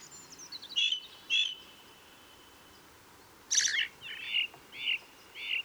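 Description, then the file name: Ring ouzel: two ringing high notes, a pause, then a harsh burst followed by three evenly spaced clear notes, faint hiss behind. Recorded on the Wank near Garmisch, 26 April 2014. "Ringdrossel. Wank. Michle Pron"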